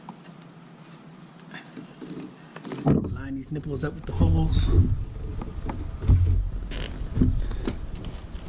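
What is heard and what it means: A mirror switch cover is held against a door trim panel with its pegs lined up with the holes, ready to be pushed home. Only light handling sounds and faint taps are heard while someone talks. The cover has not seated or clicked yet.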